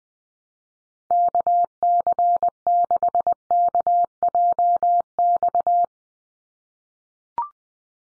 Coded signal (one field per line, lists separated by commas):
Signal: Morse code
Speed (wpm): 20 wpm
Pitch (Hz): 700 Hz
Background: none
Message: KC6KJX